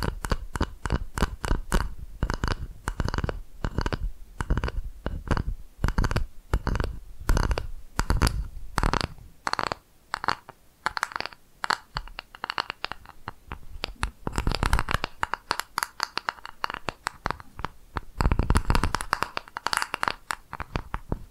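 ASMR tapping fills the stretch with rapid, crisp taps coming in quick bursts, some sharp and bright, others duller and thumpy with a low body. The pace shifts between dense flurries and short pauses, with soft scratchy rustles between strikes.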